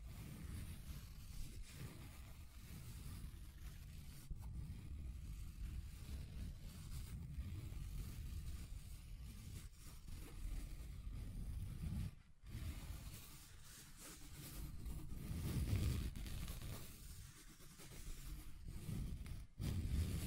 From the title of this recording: Table Scratching Different Surfaces